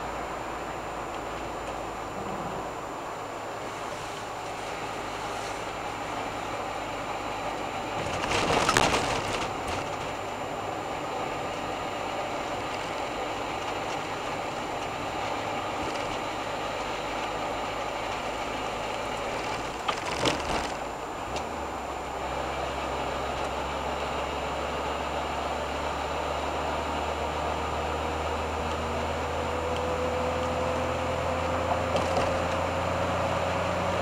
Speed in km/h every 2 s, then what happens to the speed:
50, 46, 47, 45, 44, 46, 46, 46, 47, 48, 47, 48, 51, 53, 57, 60, 62.
0-21 steady at about 46. 21-34 speeds up to 62.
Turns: 5-18.